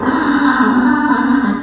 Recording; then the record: squeal of a Yucatan mini pig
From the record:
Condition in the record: after surgery on the right vocal fold (resection and tissue-engineered implant); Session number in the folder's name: 7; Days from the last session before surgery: 47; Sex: female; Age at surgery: 19 weeks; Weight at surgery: 25 kg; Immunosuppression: prednisolone